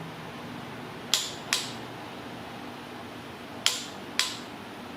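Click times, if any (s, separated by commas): 3.7 s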